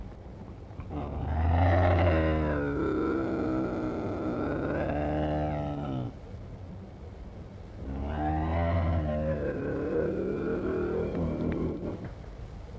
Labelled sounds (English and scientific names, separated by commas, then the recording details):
Eurasian Lynx (Lynx lynx) growling
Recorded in captivity
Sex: pair
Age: adult
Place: Tierpark Berlin, Berlin, DE
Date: 1963-02-23 18:30
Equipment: Minifon, Kopie Smaragd
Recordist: Tembrock, Günter